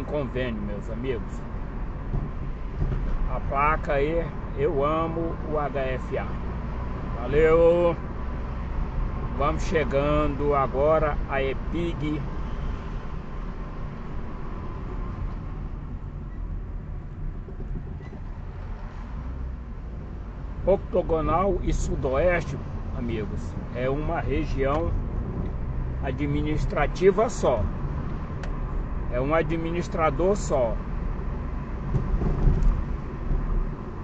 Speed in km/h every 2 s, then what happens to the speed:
38, 41, 44, 48, 47, 46, 42, 24, 17, 22, 28, 33, 38, 45, 47, 47, 42.
0-6 speeds up to 48. 10-15 brakes to 17. 17-26 speeds up to 45.